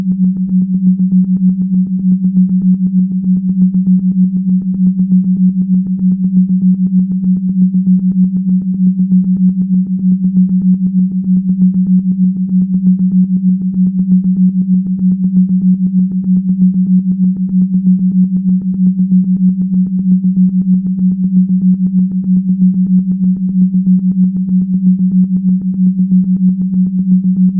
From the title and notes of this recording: Binaural beats and isochronic pulses of 4Hz up to 12Hz. With the carrier frequency of 183.88Hz.